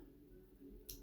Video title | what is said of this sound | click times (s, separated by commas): Seige: Skytreads: Flywheels for short: WfC: Blindformers 03 | away from the center and they'll kind of click in place a little | 0.9 s